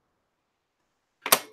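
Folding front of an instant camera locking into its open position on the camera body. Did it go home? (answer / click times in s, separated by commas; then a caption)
yes / 1.3 s. The folding front of a vintage folding instant camera pops out and locks into its open position on the camera body. After near silence, a sharp click comes at 1.3 s and a louder snap at 1.3 s, followed by a brief fading rattle. The front clicks into place and is seated.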